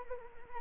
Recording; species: mosquito wingbeat signal from an infrared sensor; Anopheles arabiensis